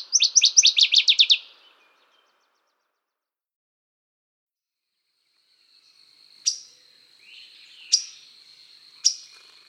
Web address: Northern Waterthrush